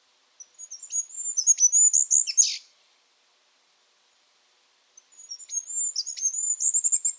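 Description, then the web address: Bird giving two very high twittering phrases with silence between. The first is thin whistles broken by sharp ticks and ends in a buzzy burst; the second is cut off at the end. "cianscape. Deverinetal 2025. Bird Only"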